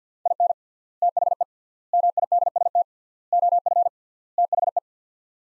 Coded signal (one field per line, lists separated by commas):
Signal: Morse code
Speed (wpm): 50 wpm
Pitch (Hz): 700 Hz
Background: none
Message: IN THE MIDST OF THE